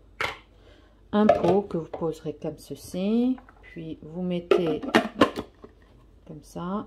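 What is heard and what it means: Someone talks while handling a plastic ice cream pint container, placing it into the outer bowl of a Ninja Creami Deluxe ice cream machine. Two faint sharp sounds occur near 5.6 and 5.8 seconds amid the speech. Nothing has seated or clicked yet.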